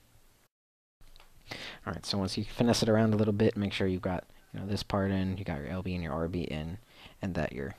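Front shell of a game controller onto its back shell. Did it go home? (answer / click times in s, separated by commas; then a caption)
no / none. The plastic front shell of a 360 game controller is worked into position on its back shell, with the LB and RB shoulder buttons fitted and the thumbsticks lined up before the halves are pushed together. Someone talks throughout, with only faint handling sounds. Nothing has snapped or clicked into place yet.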